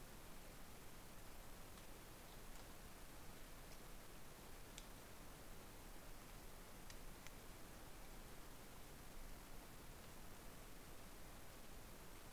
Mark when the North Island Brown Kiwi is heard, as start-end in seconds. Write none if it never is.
none